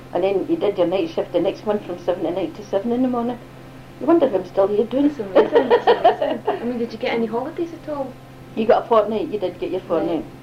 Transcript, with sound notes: And then you did your night shift the next month from seven at night 'till seven in the morning. You wonder how I'm still here! [laughs]
That's amazing. I mean did you get any holidays at all?
You got your fortnight. You did get your fortnight.